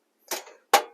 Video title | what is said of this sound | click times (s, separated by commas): 2019 Ram Promaster Campervan Tour | When you push this lever down to lock, it pulls the fuel canister in and engages it. | 0.7 s